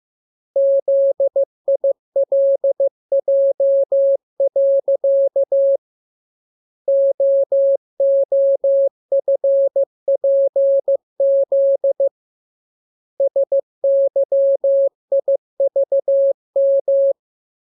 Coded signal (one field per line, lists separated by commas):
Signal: Morse code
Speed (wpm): 15 wpm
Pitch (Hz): 550 Hz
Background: none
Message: ZILJ. OOFPZ SYIVM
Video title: Learning Morse Code. Lesson 21. Letter KMURESNAPTLWI.JZ=FOY,V